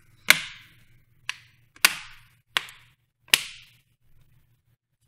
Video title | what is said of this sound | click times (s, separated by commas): HOW change your ACER nitro 5 Series laptop battery | slowly work your way through to the side pressing it down you want to hear some clicks there we go | 0.3 s, 1.3 s, 1.9 s, 2.6 s, 3.3 s